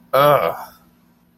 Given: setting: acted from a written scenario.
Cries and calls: vocal sound without words; disgust

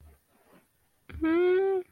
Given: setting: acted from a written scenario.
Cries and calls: vocal sound without words; confusion

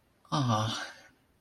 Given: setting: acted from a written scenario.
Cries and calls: vocal sound without words; romantic love

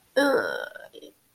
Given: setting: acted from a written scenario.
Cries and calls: vocal sound without words; disgust

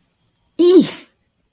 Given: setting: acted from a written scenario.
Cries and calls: vocal sound without words; embarrassment

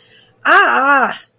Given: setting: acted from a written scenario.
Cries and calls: vocal sound without words; pain

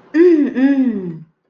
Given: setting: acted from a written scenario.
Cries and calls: vocal sound without words; interest

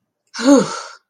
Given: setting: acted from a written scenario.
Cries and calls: vocal sound without words; relief

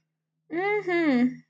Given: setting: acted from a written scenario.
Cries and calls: vocal sound without words; pride

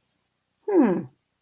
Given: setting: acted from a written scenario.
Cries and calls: vocal sound without words; contentment

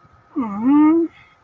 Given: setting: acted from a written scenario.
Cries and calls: vocal sound without words; disappointment

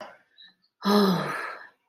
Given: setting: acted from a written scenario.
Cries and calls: vocal sound without words; relief

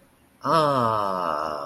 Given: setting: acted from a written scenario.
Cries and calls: vocal sound without words; relief

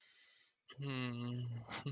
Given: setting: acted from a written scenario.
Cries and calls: vocal sound without words; sadness

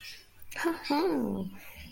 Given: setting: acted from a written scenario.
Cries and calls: vocal sound without words; pride

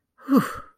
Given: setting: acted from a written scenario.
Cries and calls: vocal sound without words; triumph

